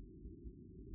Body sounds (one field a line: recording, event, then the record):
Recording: neck accelerometer signal played as sound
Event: no cough (speech, laughter, throat clearing or background)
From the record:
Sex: female